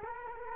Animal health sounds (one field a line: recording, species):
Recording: mosquito wingbeat signal from an infrared sensor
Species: Culex quinquefasciatus